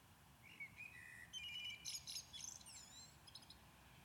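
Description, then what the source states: Common blackbird song: a low fluted warble of whistled notes lasting under a second, then a high, squeaky twittering flourish, with steady background hiss. Recorded at Maindy.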